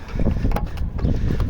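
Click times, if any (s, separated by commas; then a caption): 0.6 s. A plastic number plate lamp housing on an Audi A4 B8 / A5 / A6 C7 / A7 / Q5, VW Passat or Skoda Superb / Yeti is inserted right side first into the rear bumper trim recess, then the left side is pressed in. Brief handling knocks sound over low wind-like rumble, and a sharp snap at 0.6 s marks the housing seating home and the fit confirmed good.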